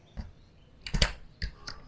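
A rear wheel, with its drive gear on the inside, is pushed onto the metal and plastic axle mount of a BOB Gear Revolution Flex 3.0 jogging stroller frame. Several short plastic clicks and taps are heard, with the loudest snap at 1.0 s as the wheel seats onto the axle mount. The wheel is confirmed in place.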